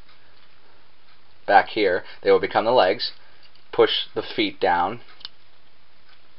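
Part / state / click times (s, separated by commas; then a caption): plastic leg and foot joint of a transforming toy robot figure / seated / 5.2 s. Someone talks while the feet of a small plastic Cyberverse Legion transforming toy robot figure are pushed down into leg mode during its transformation. A single sharp plastic tick from the leg and foot joint comes at 5.3 s as the feet click and seat into place.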